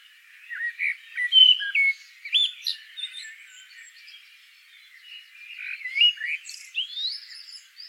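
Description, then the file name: Common blackbird giving clear, fluty whistled notes that rise and fall. Two phrases are split by a short lull, each with a few thin high notes. "Turdus merula"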